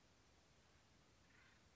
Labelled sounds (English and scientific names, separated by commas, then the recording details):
Acorn Woodpecker (Melanerpes formicivorus)
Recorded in Sonoma County, California